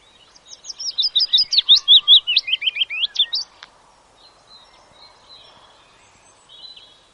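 Willow warbler song, one phrase of sweet whistled notes lasting about three seconds, followed by quiet background with faint chirps.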